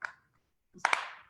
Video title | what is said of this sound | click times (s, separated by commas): Virtual Race Night 2020: Giro | you can hear that click, that your lens is engaged. | 0.8 s